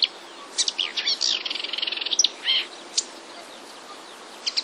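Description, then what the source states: Marsh warbler song with scattered chirps, a quick rattling trill in the middle, then a few isolated sharp notes. Marsh warbler song containing borrowed sparrow-like calls (mimicry).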